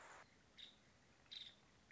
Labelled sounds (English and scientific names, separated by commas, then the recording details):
Nuttall's Woodpecker (Dryobates nuttallii)
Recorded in Sonoma County, California